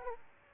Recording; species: mosquito wingbeat signal from an infrared sensor; Aedes aegypti